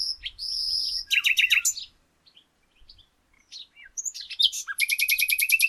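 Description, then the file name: Common nightingale song: a buzzy note, a quick series of rapid chirps, scattered soft notes, then a loud, fast, rhythmic trill. "Luscinia megarhynchos"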